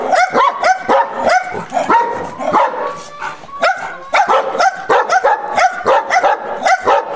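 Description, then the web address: Dog barking hard and fast, barks bunched in quick bursts with a short lull midway. Large dog, barking angrily. "cane che abbaia ascoltare arrabbiato grande"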